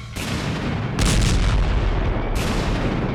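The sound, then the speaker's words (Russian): A rapid series of heavy, booming explosions tearing apart a ship, splitting it in two, with two loud blasts standing out against a continuous deep rumble that fills the whole stretch without letting up. “Послышалась серия мощных взрывов.”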